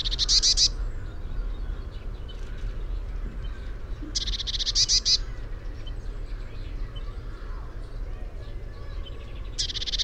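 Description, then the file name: Eurasian blue tit repeating a harsh churring scold three times, roughly every four to five seconds, each burst buzzy with high thin notes; low rumble underneath. "Cyanistes caeruleus"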